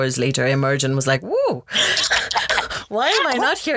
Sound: laughter